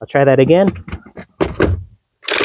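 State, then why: Not seated. Someone talks while an adjustable kettlebell's metal handle is handled for another try at locking onto its weight plate stack, after a plate that had not been seated properly was put back into place. Short knocks sound around 1.4 and 1.6 seconds, and a loud broadband rattle begins near 2.3 seconds. The clip ends before the handle locks, so nothing has seated or clicked yet.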